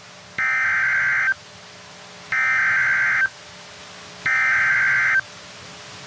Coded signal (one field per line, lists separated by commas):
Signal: Emergency Alert System (SAME) tones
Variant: header bursts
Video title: EAS: Severe Thunderstorm Warning In Springfield, Missouri, WXL46, 9-18-2025 #mowx